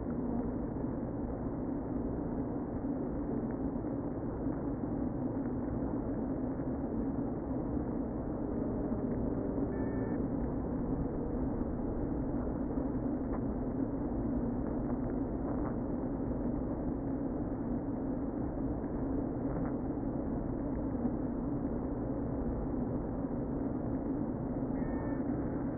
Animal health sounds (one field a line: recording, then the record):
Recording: honeybee colony, microphone inside the hive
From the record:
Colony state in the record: queen present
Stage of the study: before two queens were removed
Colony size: about 60,000 bees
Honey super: yes